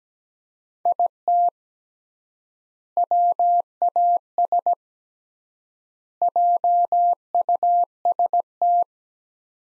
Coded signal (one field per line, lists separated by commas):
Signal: Morse code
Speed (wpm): 17 wpm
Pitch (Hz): 700 Hz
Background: none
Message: IT WAS JUST